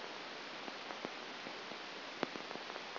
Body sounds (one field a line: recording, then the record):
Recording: brain microelectrode recording played as sound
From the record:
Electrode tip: outside the subthalamic nucleus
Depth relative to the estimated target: -8 mm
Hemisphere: left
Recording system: AlphaMap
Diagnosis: Parkinson's disease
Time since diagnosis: 9 years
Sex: male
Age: 68 years